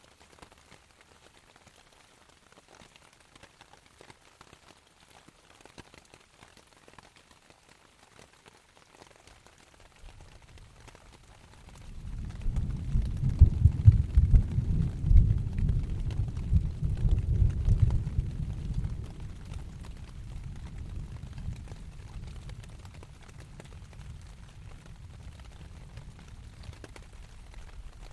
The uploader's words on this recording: Rain on tent, Thunder with reverb valley nearby - Binaural field recording. This is a binaural audio recording.